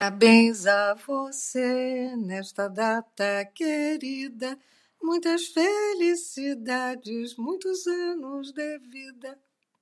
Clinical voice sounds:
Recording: short text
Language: Brazilian Portuguese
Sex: female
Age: 70 to 79 years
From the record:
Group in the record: control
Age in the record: 76 years

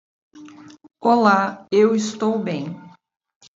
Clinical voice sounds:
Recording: short text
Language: Brazilian Portuguese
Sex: female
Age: 50 to 59 years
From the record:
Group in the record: control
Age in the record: 53 years

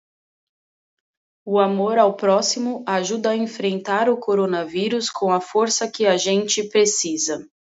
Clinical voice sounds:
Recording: spoken sentence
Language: Brazilian Portuguese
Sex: female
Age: 20 to 29 years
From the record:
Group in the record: control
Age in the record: 29 years

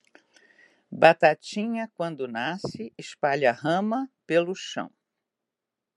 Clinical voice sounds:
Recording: short text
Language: Brazilian Portuguese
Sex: female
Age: 70 to 79 years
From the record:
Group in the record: control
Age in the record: 71 years

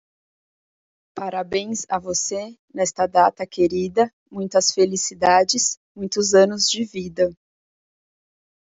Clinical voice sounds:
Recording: short text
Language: Brazilian Portuguese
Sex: female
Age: 30 to 39 years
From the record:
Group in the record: control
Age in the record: 30 years

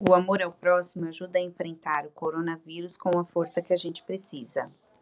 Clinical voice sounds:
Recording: spoken sentence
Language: Brazilian Portuguese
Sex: female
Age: 30 to 39 years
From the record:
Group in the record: control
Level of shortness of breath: 0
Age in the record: 35 years

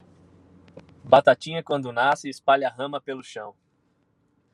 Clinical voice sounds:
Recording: short text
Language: Brazilian Portuguese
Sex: male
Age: 30 to 39 years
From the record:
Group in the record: control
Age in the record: 39 years

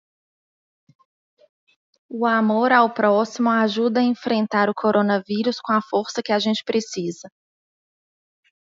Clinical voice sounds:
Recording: spoken sentence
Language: Brazilian Portuguese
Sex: female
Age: 30 to 39 years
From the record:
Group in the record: control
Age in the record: 33 years

